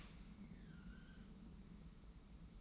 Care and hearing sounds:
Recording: daily activity, microphone in the room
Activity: open dishwasher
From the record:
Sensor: 1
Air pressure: 991.3 hPa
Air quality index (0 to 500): 121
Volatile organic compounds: 217 ppm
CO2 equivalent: 4267 ppm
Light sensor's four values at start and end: 40/125/49/51 and 40/125/49/51

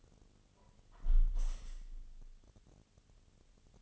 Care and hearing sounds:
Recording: daily activity, microphone in the room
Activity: close window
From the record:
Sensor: 4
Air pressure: 1015.8 hPa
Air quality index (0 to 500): 86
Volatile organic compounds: 1 ppm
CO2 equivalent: 956 ppm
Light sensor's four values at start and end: 9/20/8/7 and 9/20/8/7

